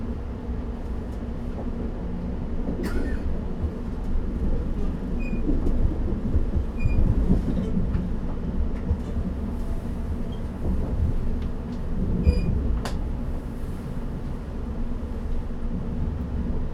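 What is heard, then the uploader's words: A commuter train rumbles along steadily with a dense low roar, sharp clicks and brief squeaks breaking through around three and thirteen seconds. Captured on an early morning commuter train.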